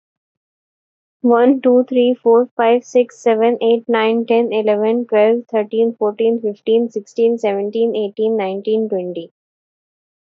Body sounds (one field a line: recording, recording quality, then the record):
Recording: counting at a fast pace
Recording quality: excellent, no background noise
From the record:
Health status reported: healthy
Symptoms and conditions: none ticked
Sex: female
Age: 22 years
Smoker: not ticked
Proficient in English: yes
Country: India